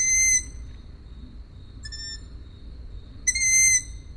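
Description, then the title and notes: Owl calls: two loud, sustained whistled squeaks about three seconds apart, a softer, shorter one between them, and a constant high hiss. Owls, more than one, recorded at Židlochovice. "Sovy, Židlochovice, natočeno. Sovy v Židlochovicích, nahrál Tomáš Šenkyřík"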